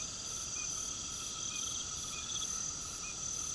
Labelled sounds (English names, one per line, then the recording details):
none
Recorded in pastures near Puerto Asís, Putumayo, Colombia, on 9 March 2025 at 21:00
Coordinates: 0.486, -76.323
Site G075